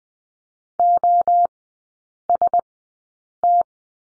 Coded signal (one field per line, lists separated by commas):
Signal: Morse code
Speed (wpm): 20 wpm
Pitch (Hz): 700 Hz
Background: none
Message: OST